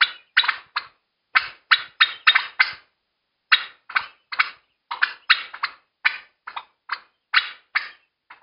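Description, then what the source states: Loud, raspy turkey alarm notes delivered quickly and unevenly, grouped in short runs with brief breaks, nothing else audible. Panic calls.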